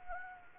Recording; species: mosquito wingbeat signal from an infrared sensor; Anopheles gambiae